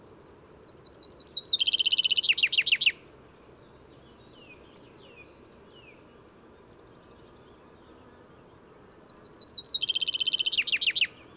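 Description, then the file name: Common chaffinch singing two phrases about eight seconds apart, each an accelerating run of high notes into a trill and a falling flourish, with soft bird notes between. "Fringilla coelebs"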